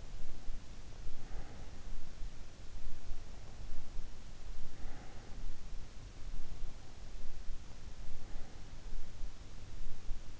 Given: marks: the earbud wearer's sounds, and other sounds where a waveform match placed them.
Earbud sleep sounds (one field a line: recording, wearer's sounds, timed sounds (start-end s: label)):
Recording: sounds in sleep by an in-ear microphone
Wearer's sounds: breath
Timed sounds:
0.00-2.97 s: breath
4.52-7.43 s: breath
7.88-10.40 s: breath